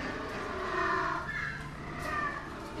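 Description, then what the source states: Penguin courtship duet, harsh harmonic calls in a few short bursts over a noisy background. Nesting pair behind the scenes at the Audubon Aquarium of the Americas, New Orleans; courtship call performed as a duet.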